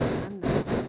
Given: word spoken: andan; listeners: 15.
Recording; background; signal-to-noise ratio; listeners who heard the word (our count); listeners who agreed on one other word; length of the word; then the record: one Spanish word in noise, from a listening test; noise modulated by one talker; -12.7 dB; 0 of 15; 6 of 15; 0.49 s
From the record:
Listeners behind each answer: 6, 5, 2, 1, 1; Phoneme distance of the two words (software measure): 7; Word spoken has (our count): 2 syllables, 5 phonemes, stress on syllable 1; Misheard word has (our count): 2 syllables, 4 phonemes, stress on syllable 1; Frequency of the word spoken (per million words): 9.95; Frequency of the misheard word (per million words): 33.27